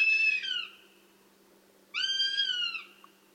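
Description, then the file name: Northern Goshawk begging calls: two long, rich wailing notes with many overtones, the second held almost a full second before dropping off, separated by a quiet gap. Begging calls of young birds at the nest; Tiveden National Park; 8 July 2011, 07:21 in the morning. "patrik berg duvhok-tigglate-boungar-tivedens-np-2011-07-08-kl 07 21"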